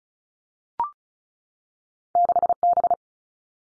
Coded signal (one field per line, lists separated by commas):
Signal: Morse code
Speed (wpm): 36 wpm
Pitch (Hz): 700 Hz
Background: none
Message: 6 B